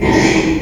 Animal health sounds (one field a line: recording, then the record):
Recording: squeal of a Yucatan mini pig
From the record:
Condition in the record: before surgery on the right vocal fold (resection and tissue-engineered implant)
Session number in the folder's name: 1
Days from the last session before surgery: -3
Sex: male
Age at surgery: 12 weeks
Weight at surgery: 13 kg